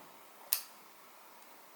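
A rechargeable battery is pushed into the battery compartment of a Sony ZV-1 camera until the retaining latch clicks. A single sharp, bright click sounds at 0.5 s against quiet background hiss, and a much fainter tick follows near 1.4 s. The click means the battery is seated in place.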